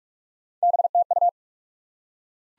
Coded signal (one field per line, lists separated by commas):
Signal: Morse code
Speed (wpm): 47 wpm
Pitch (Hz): 700 Hz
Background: none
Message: BTU